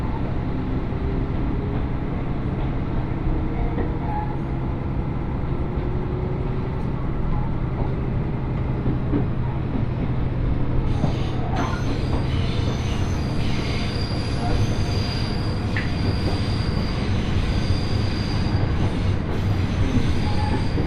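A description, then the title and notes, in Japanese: Train ride on the Mizushima Rinkai Railway: a steady low rumble of rolling wheels, joined after ten seconds by brighter squealing and clattering. 耳で楽しむ鉄道旅 水島臨海鉄道 倉敷市→三菱自工前。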